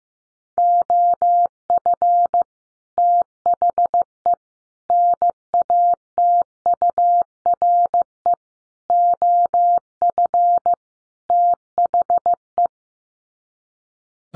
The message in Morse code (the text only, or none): OF THE NATURE OF THE